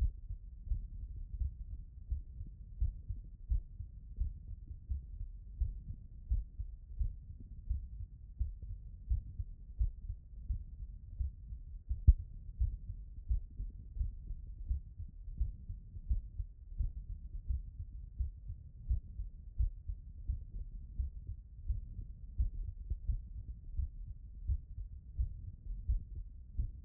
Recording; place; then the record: heart sounds by stethoscope; mitral valve (MV)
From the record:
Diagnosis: non-HFrEF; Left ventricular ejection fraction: 63%